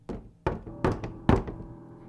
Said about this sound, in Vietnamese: Cứ như vậy đến nửa đêm, tiếng gõ cửa lại vang lên ở ngay sát căn phòng bên cạnh.